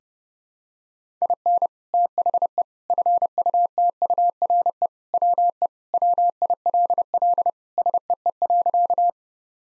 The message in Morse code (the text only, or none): IN THE FUTURE WE WILL SEE.